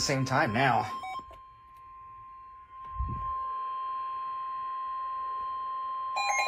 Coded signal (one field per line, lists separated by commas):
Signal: Emergency Alert System (SAME) tones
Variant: 1050 Hz attention tone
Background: speech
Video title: (EAS #2,299 - #2,337) FIRST OUTBREAK AT THE APARTMENT!!! - EAS Alerts from 6/16/25